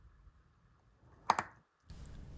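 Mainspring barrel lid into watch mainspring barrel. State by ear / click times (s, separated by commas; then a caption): seated / 1.3 s. The metal barrel lid of the mainspring barrel of a Heuer Autavia Viceroy watch is pressed on after the mainspring and 7750 arbor are fitted and the top of the arbor is lubricated. A sharp, loud snap at 1.3 s is followed by a softer hit at 1.4 s, then brief silence before low background noise returns. The lid is seated in the barrel.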